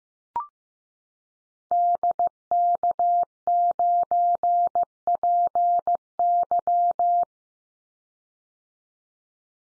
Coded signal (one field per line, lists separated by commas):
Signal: Morse code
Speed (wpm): 15 wpm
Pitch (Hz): 700 Hz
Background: none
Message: DK9PY